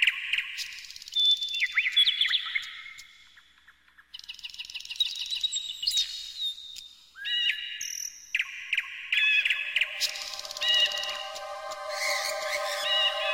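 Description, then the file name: Bird song with whistled slides and chattering trills, joined by steady sustained musical tones in the later seconds. Bird sounds mixed with music for relaxation. "suara burung"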